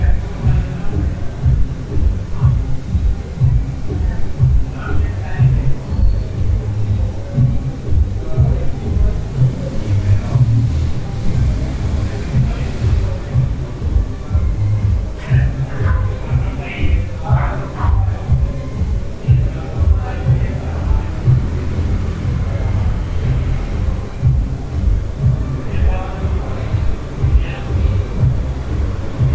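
Murmuring voices fill a hostel room, a steady low, dense hum of talk and movement running the whole time. Brief brighter sounds, like clinks or shuffles, pop up around 5, 10, 15 to 18 and 26 seconds.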